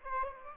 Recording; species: mosquito wingbeat signal from an infrared sensor; Aedes aegypti